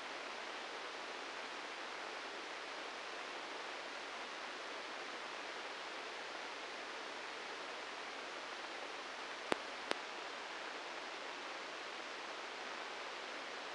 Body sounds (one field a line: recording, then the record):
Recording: brain microelectrode recording played as sound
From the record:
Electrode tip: inside the subthalamic nucleus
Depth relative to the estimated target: 2 mm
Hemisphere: right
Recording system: NeuroSet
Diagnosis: Parkinson's disease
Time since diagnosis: 9 years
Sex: male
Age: 56 years